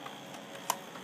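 The plastic priming handle of a toy dart blaster is pulled fully back and catches in the cocked position with a single sharp click at 0.7 s. Faint, low background noise fills the rest of the clip. The slide is seated and cocked.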